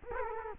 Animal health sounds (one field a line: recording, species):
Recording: mosquito wingbeat signal from an infrared sensor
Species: Culex quinquefasciatus